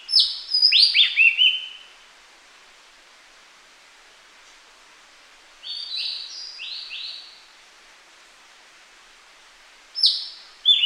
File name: suara burung cissa thalassina ekek keling